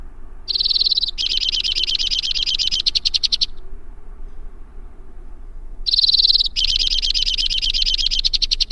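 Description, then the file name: White-winged crossbill song: two long, buzzy, rapidly pulsed trills separated by a quiet gap. "suara-kicauan-burung-white-winged-crossbill 2-omkicau"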